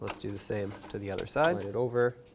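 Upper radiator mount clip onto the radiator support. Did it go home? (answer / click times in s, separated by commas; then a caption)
no / none. On a 2003-2007 Nissan Murano, the very worn upper radiator mount bracket for the second side is being slid over to clip onto the radiator support and lock the radiator in. Someone talks throughout, and no distinct handling sounds stand out. Nothing has clicked or seated yet.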